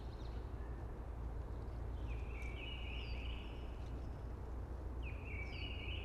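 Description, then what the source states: Eurasian blackbird song: two mellow warbled phrases with quick rising and falling notes, a few seconds apart, set against a constant loud rushing hiss. Early blackbird singing amongst hushing conifers.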